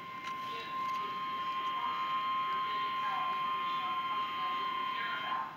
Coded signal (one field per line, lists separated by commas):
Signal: Emergency Alert System (SAME) tones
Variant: 1050 Hz attention tone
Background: speech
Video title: Tornado Warning ON TV!!! (EAS #127)